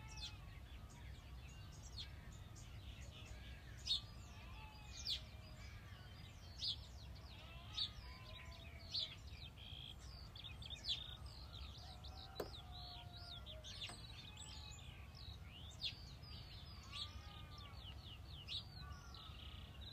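A dawn chorus of many birds calling and singing at once, with dense overlapping chirps, trills and whistles through the whole twenty seconds. A steady low rumble runs underneath, and a few sharper calls stand out, around four, twelve and fourteen seconds.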